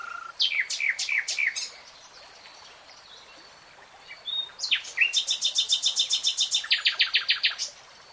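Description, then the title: Nightingale song: a few loud descending whistled notes, a pause, then a long rapid sequence of repeated sharp notes. Singing in real time. "[Tiếng chim hót] 3 Hours REALTIME Nightingale Singing"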